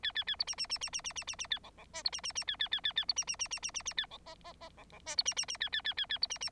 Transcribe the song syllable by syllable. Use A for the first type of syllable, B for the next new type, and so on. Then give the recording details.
A A A B C C C C C C C C C A D D E B C C C A A A A A B C C C C C C C A D F F F D D E B C C C A A A A A B C C. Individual Bird9